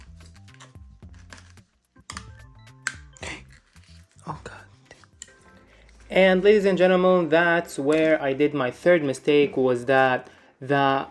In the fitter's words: the clicking sound that you heard was the main ribbon for that keyboards